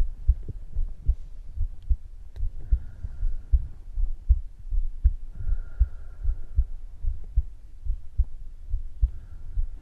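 A normal adult heartbeat heard through the chest, as if with the ear resting on the chest.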